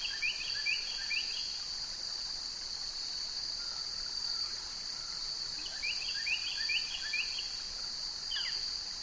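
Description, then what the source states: Carolina wren song: quiet bursts of rapid, rolling phrases repeated in two series, over a steady high drone of crickets and katydids. Male singing excitedly on an autumn late afternoon at a small brook winding through old fields and woods, amid crickets and meadow katydids; non-migratory, males defend territory year-round; binaural recording.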